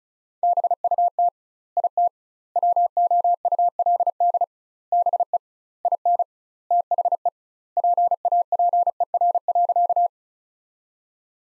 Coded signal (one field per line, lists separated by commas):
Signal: Morse code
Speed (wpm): 36 wpm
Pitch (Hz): 700 Hz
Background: none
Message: BUT IT WOULD BE IN THE PAPER.